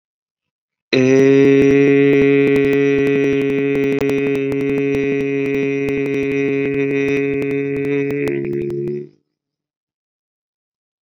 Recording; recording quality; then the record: sustained vowel as in made; excellent, no background noise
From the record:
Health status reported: COVID-19 positive, mild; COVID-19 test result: positive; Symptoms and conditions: cough, cold, sore throat, fever, fatigue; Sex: male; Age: 26 years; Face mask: not worn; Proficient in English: yes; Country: India